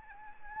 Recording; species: mosquito wingbeat signal from an infrared sensor; Anopheles arabiensis